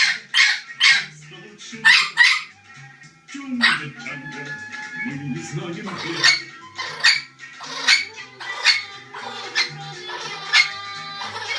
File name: venesuelskii amazon poyot